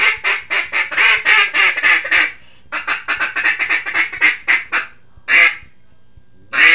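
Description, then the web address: Mallard quacks in a quick chattering run, then a pause, a second run, and two isolated loud quacks at the end. "Duck Mallard"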